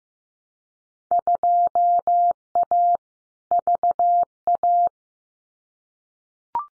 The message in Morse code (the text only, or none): 2A VA